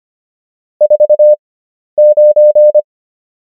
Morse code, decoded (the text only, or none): 49